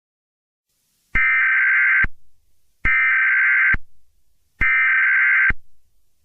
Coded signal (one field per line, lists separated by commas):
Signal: Emergency Alert System (SAME) tones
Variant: header bursts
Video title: EAS Scenario - Super Why!